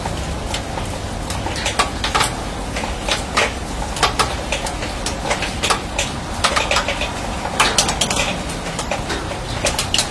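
Rain drips onto a steel canopy, each drop a sharp, bright tap landing at an uneven pace, several per second, sometimes in quick clusters. Beneath the taps runs a steady, dense low rumble and hiss that stays level throughout.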